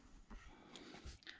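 A hybrid filter cartridge, its arrow lined up with the unlock icon, is pushed down into the socket of a portable RO water filter unit and twisted to the right. Low handling rumbles and scrapes are heard, with sharp clicks at 0.8 s and 1.3 s as the cartridge locks into the housing.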